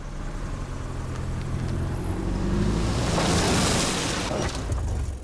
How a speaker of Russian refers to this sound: Олег подъехал под дом.